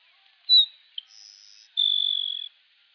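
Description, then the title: Grassland sparrow singing a short sharp note and a tiny click, then a faint high thin whistle and a drawn-out dry buzz, all very high-pitched and insect-like. Subspecies Ammodramus humeralis humeralis. "LuckyPassaro Completos2Sama. Grassland Sparrow"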